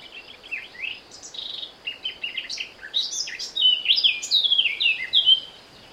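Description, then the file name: Eurasian blackcap song: a long, varied warble of scratchy and fluty notes, growing louder and clearer toward the end with rich whistled phrases. "Sylvia atricapilla"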